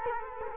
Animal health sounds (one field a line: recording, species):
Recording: mosquito wingbeat signal from an infrared sensor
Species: Culex quinquefasciatus